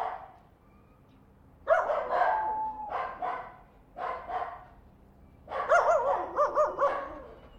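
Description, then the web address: Small dog barking in clustered bursts of sharp yapping barks, with pauses between groups and a longer run of barks near the end. Small dog, three barking. "Sound Effects-Foundation 1 ANIMAL DOG SMALL THREE BARKING"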